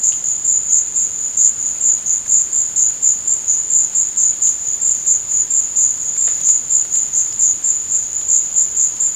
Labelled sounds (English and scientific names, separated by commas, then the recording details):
none
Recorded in dense forest near Puerto Asís, Putumayo, Colombia, on 21 December 2024 at 14:30
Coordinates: 0.481, -76.323
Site G100